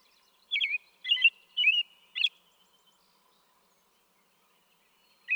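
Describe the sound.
American robin giving four quick whistled carol phrases, then silence until one more phrase starts at the end.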